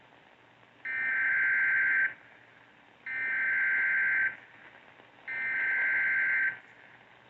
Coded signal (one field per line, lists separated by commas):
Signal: Emergency Alert System (SAME) tones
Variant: header bursts